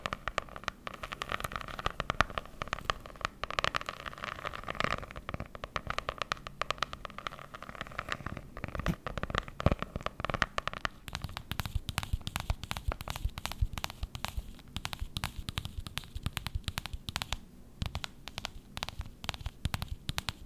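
Dense, rapid tapping, with sharp clicks and taps crowding together throughout. For the first half a low hum and a midrange drone sit under the taps; after about eleven seconds the background drops away and the taps sound drier and more separate.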